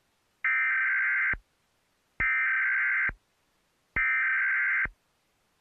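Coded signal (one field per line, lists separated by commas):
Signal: Emergency Alert System (SAME) tones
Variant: header bursts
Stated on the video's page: EAS alarm test recreation taken from a national EAS test broadcast.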